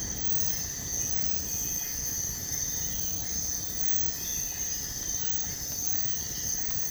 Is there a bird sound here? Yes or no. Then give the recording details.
no. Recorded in secondary vegetation near Puerto Asís, Putumayo, Colombia, on 18 February 2024 at 05:30. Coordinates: 0.468, -76.324. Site G6381